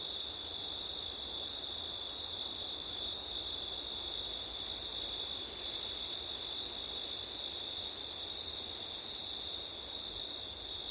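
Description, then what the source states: Crickets trill steadily in a shrill, continuous chorus, a very high band briefly dropping out a few times, with a gentle wind rush beneath. Crickets on a September night, with wind, recorded with an ORTF stereo microphone setup.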